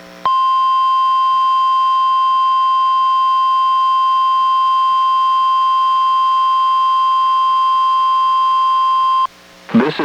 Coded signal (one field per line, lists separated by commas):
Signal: Emergency Alert System (SAME) tones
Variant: 1050 Hz attention tone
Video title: EAS #751: NWR Required Weekly Test- Mar. 8, 2023- 11:01AM PST